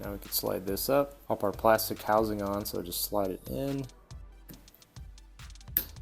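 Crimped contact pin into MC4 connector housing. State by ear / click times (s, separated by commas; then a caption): seated / 5.8 s. A crimped metal contact pin on a solar cable is pushed into a plastic MC4 connector housing while someone talks, followed by a few faint handling ticks. At 5.8 seconds a sharp click is heard as the housing snaps and locks around the pin, seating it.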